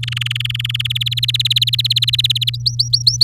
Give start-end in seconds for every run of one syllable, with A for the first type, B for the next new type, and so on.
0.03-0.82 A, 0.85-2.50 B, 2.54-3.24 C